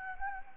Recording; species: mosquito wingbeat signal from an infrared sensor; Anopheles gambiae